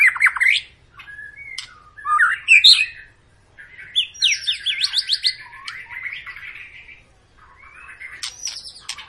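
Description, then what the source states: White-rumped shama song with varied whistles, a fast rising buzzy series and scratchy trills, separated by short pauses. Long, lively lure song of a white-rumped shama, used to prompt other birds to sing.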